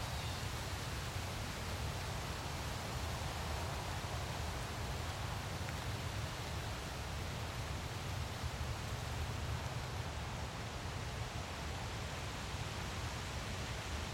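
A winter storm roars with a dense, unbroken rush of wind, heavy in the low rumble and hissing brightly up top. The level holds steady for the whole stretch, with only a faint flutter in the gusts and no distinct events or other sounds.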